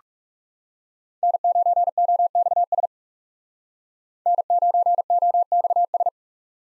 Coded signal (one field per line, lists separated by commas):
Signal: Morse code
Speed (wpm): 38 wpm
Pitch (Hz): 700 Hz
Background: none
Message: N9OXS N9OXS